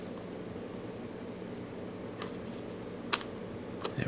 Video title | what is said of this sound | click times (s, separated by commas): 6x7x7 Assembly Part 2: Layers 3 through 5 | we go now we're starting to click into place now as we're building up more | 3.1 s